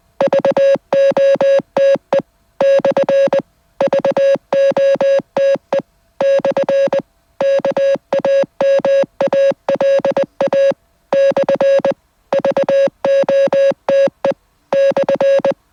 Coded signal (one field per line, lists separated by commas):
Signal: Morse code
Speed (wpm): 20 wpm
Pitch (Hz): 550 Hz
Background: none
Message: VOTE / VOTE / KAMALA / VOTE /